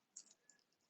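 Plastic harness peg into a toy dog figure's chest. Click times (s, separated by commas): 0.2 s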